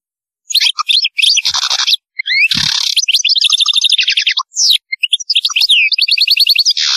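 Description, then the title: European goldfinch song: a dense, excited stream of tinkling twitters, rapid trills and harsh nasal buzzes running almost without pause. "Chant Chardonneret"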